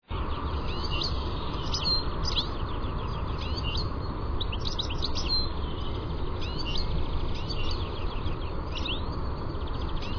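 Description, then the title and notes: European goldfinch with bursts of quick, liquid chirps and twittered phrases separated by brief pauses, a low steady hum underneath throughout. "Lyden av en stilits by forskningno"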